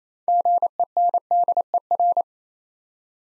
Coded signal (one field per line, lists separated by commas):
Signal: Morse code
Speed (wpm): 27 wpm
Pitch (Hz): 700 Hz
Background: none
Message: GENDER